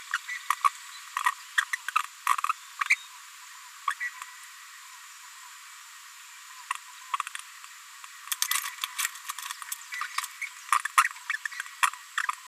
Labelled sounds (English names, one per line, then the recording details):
Green-rumped Parrotlet babbling
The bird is a female
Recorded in a nest box in Venezuela
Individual 17B73B2